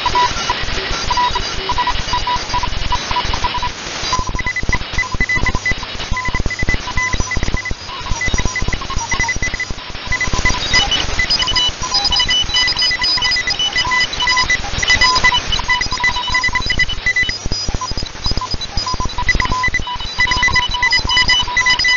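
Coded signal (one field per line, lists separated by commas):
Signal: unidentified radio signal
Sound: rapid chirpy beeps jumping among three pitches, irregular lengths, continuous over static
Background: radio static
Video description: Beeping, Chirping Sound Effects. 2017-06-26T13_52_20Z_14015.0kHz Shortwave Capture by Cheaptoyman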